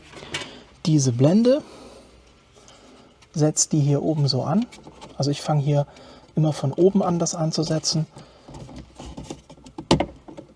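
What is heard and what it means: Someone talks while a plastic interior trim panel is fitted back into an Audi A6 C6 (S6 V10) cabin after converting the interior lights to LED, placed starting from the top. Soft rubbing and handling sounds lead to a sharp click at 9.9 s as the panel clips into its mounting and seats.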